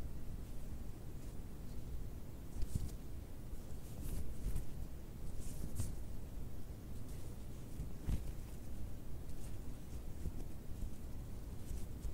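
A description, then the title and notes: Fabric is scratched and rubbed in a steady, dense run of soft rustling with no pauses. The low end carries a constant muffled rumble of handling, while brighter, crisper scratches flick through repeatedly, sharpest around four, six and eight seconds. ASMR FABRIC SOUNDS, FABRIC SCRATCHING, FABRIC RUBBING, ASMR NO TALKING TRIGGERS WITH TINGLES.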